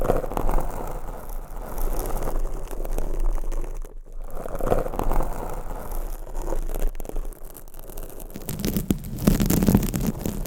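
Dense scratching of long nails on microphones, a steady rough rasp with brief dropouts near four seconds and louder scraping toward the end.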